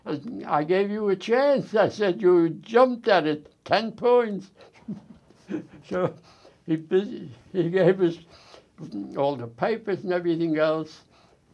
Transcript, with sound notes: I gave you a chance," I said. "You jumped at it - ten points." [laughs] So he gave us all the papers and everything else.